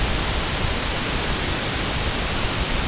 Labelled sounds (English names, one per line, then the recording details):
none
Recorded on Arctic tundra, site IGLO-A, on 16 June 2018
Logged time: 09:59